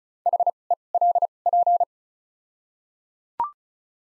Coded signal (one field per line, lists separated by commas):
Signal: Morse code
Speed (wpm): 34 wpm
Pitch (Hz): 700 Hz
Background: none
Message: H E L P